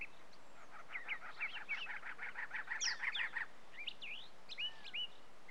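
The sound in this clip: Bird chirps, a rapid buzzy trill of repeated notes for about two and a half seconds, then separate sweeping whistled chirps rising and falling.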